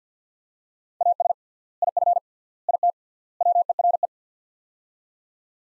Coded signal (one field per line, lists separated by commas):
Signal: Morse code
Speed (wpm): 50 wpm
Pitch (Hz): 700 Hz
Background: none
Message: AS IF IT WERE